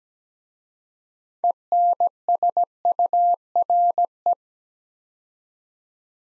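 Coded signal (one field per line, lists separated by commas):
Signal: Morse code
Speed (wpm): 17 wpm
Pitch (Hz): 700 Hz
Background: none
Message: ENSURE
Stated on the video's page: Morse practice sending six-letter words at 17wpm for head-copy drill, each word sent twice.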